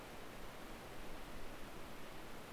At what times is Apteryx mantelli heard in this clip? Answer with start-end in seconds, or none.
none